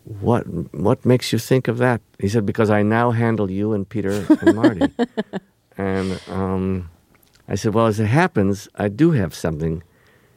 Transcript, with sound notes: what makes you think of that? He said because I now handle you and Peter and Marty.
(Laughter).
And I said, well, as it happens, I do have something.